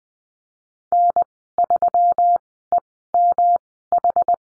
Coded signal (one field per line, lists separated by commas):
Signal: Morse code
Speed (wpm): 20 wpm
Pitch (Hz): 700 Hz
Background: none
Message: N3EMH